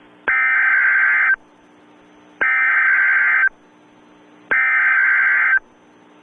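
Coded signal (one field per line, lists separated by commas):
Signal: Emergency Alert System (SAME) tones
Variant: header bursts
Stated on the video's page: Fictional EAS scenario about an extreme hostage situation, simulated rather than real.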